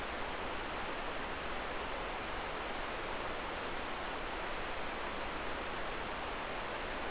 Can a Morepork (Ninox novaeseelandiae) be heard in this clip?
no